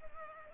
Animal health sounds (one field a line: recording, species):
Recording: mosquito wingbeat signal from an infrared sensor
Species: Culex pipiens